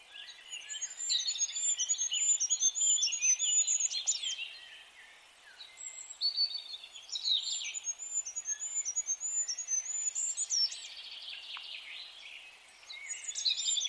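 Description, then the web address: Bird calls in long bouts: fast strings of high, thin whistled notes over a jumble of lower chirps, with quieter pauses between them. "birddata Deverinetal 2025"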